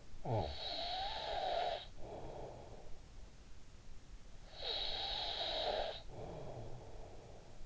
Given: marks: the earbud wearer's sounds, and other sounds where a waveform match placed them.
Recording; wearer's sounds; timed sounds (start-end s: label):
sounds in sleep by an in-ear microphone; snoring breath
0.03-3.41 s: snoring breath
4.09-7.66 s: snoring breath